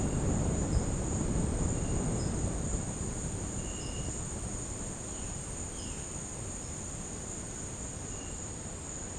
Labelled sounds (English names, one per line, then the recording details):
none
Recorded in secondary vegetation near Puerto Asís, Putumayo, Colombia, on 19 March 2025 at 12:00
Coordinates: 0.481, -76.318
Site G097